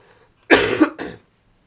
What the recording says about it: I'm coughing. I've been sick all week into last weekend, and I'm on the back side of it, but I'm still coughing.